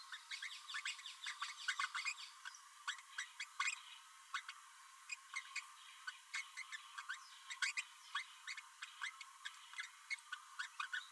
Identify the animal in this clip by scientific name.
Forpus passerinus